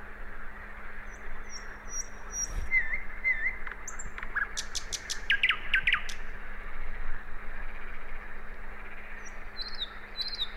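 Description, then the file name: Common nightingale singing scattered high whistles and a burst of sharp clicking notes midway, then a few brief chirps, over a steady low electrical hum. "Luscinia megarhynchos"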